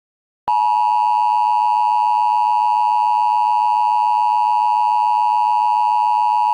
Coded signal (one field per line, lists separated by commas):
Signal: Emergency Alert System (SAME) tones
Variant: 853 and 960 Hz attention tone